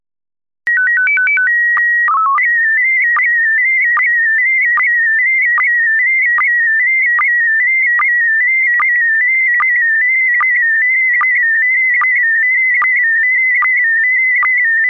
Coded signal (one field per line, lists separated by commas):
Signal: SSTV (slow-scan television)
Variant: PD 160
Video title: Slow Scan Radio Ep 10, September 26, 2018